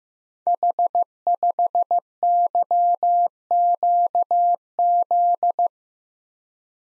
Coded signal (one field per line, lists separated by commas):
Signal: Morse code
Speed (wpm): 15 wpm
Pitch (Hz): 700 Hz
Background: none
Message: H5YQZ